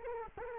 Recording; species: mosquito wingbeat signal from an infrared sensor; Culex quinquefasciatus